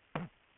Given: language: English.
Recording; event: throat vibration sensor signal played as sound; throat clearing